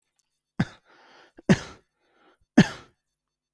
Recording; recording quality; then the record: shallow voluntary cough; moderate, slight background noise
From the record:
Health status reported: healthy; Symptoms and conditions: asthma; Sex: male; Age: 41 years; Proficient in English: yes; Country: India